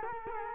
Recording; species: mosquito wingbeat signal from an infrared sensor; Culex quinquefasciatus